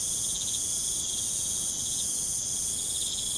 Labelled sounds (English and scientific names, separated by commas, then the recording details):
none
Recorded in pastures near Puerto Asís, Putumayo, Colombia, on 22 June 2025 at 20:30
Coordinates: 0.472, -76.331
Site G095